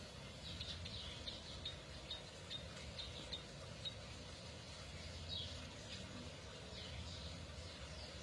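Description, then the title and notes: Canary giving faint, short high chirps at irregular intervals over a constant low rumbling background. F1 canary; therapy recording meant to get a canary that has stopped singing (macet) to sing again. "TERAPI KENARI MACET. Kenari F1"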